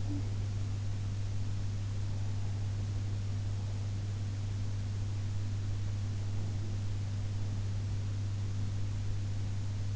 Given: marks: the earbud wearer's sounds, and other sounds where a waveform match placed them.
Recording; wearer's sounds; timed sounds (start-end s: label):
sounds in sleep by an in-ear microphone; talking in sleep
0.00-0.27 s: talking in sleep